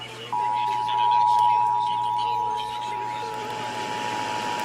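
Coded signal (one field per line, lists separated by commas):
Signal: Emergency Alert System (SAME) tones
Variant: 853 and 960 Hz attention tone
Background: speech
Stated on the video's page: Los Angeles Required Monthly Test on the Emergency Alert System.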